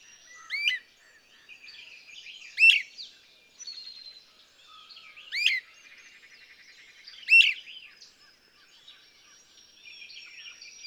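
Bird song with four loud, sharp chirps, interspersed with softer twittering phrases.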